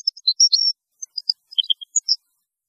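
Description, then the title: European goldfinch song, scattered high twittering notes and short chirps over about two seconds. "Chant Chardonneret"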